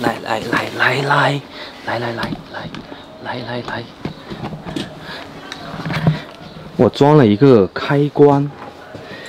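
Someone talks while handling an electronic lock switch fitted to a camper fridge cabinet door to keep the food inside from being stolen, with a few brief knocks around 5.5, 5.9 and 6.1 seconds. The lock has not latched or clicked shut yet.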